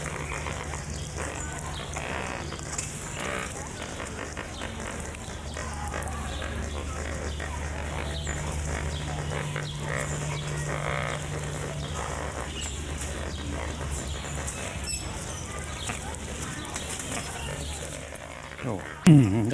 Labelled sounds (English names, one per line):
Lesser Flamingo call